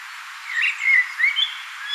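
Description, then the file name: Common blackbird singing one short fluty phrase of rich, slurred whistles, ending in a brief higher note. "Turdus merula"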